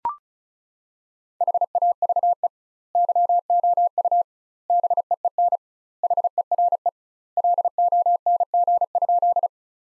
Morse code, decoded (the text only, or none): HAVE YOU BEEN HERE LONG?